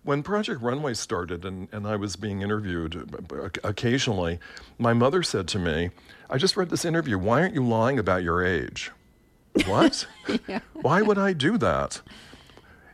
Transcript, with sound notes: When "Project Runway" started and I was being interviewed, occasionally, my mother said to me, I just read this interview - why aren't you lying about your age?
(Laughter) Yeah.
What? Why would I do that?